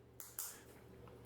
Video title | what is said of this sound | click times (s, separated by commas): Bastila Staff Chassis Instructions | you can hear it click, so you get a nice press fit. | 0.4 s